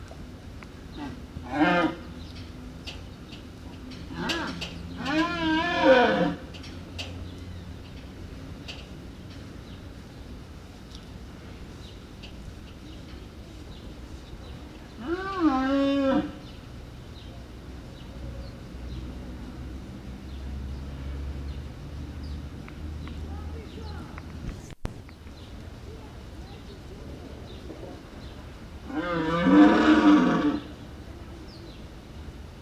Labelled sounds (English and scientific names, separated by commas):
Wapiti (Cervus canadensis) rut call